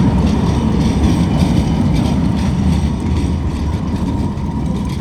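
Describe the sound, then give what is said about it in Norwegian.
A passing tram rumbles along its rails and rings its bell, a loud, steady low roar with faint clattering from the wheels that stays even for the whole stretch, with no voices. “Jeg plinger fordi, her, unnskyld, jeg har ikke lyst til å krasje bort i noen.”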